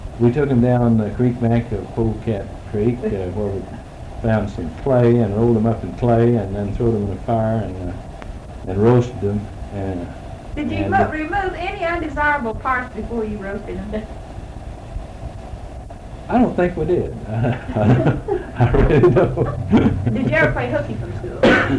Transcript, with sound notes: We took them down the creek bank of Polecat Creek where we found some clay and rolled 'em up in clay and then threw them in the fire and roasted them and--
Did you remove any undesirables prior to, before you roasted them?
I don't think we did. (laughs) I really don't.
Did you ever play hooky from school.